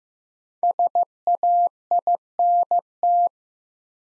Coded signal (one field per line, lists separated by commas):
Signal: Morse code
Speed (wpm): 15 wpm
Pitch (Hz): 700 Hz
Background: none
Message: SAINT